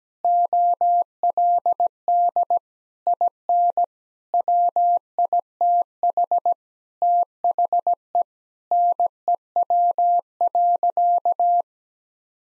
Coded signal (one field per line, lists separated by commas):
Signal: Morse code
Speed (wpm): 17 wpm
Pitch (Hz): 700 Hz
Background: none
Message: OLD IN WITH THE NEW.